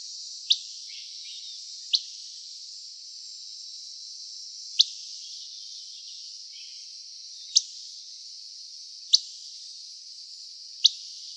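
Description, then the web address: Buff-breasted flycatcher calls: six sharp, high, clipped 'pit' notes spaced one to three seconds apart, over a constant high insect-like hiss. Arizona, 3 August 2006, calls. "Flycatchers AZFO BBFL CALLS deviche. 060803"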